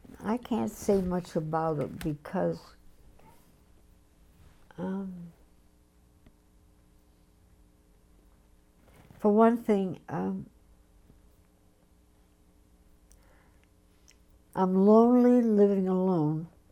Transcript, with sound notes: I can't say much about it, because. (she pause) For one thing I'm, I'm lonely living alone,